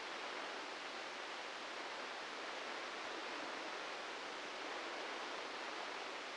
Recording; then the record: brain microelectrode recording played as sound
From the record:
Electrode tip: inside the subthalamic nucleus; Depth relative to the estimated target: -1 mm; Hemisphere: left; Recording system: NeuroSet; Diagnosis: Parkinson's disease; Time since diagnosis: 13 years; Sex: male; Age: 65 years